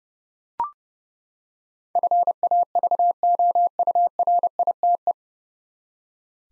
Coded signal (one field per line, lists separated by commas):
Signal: Morse code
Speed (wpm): 30 wpm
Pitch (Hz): 700 Hz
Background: none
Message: FAVOURITE